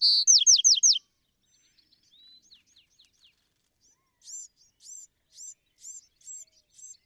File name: Bewick's Wren